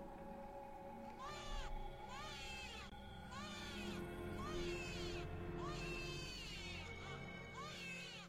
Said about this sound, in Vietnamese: Trong không gian chỉ còn lại tiếng gió thổi ù ù và cả tiếng du con cùng với tiếng trẻ con khóc choe choé ghê rợn.